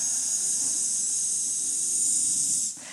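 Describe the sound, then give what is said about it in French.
A rattlesnake in quicksand rattles in a steady, dry, high-pitched buzz that holds evenly for almost three seconds before stopping abruptly. No one speaks. “C'est un serpent sonnette en plus dans le sable mouvant, gamin là.”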